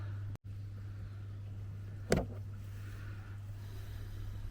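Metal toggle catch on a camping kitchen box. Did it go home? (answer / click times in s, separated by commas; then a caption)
yes / 2.1 s. A metal toggle catch on a Tentbox KitchenBox camping kitchen box is put back on for travel. It snaps shut with a single sharp metallic snap at 2.1 s over a steady low hum, and the catch is seated.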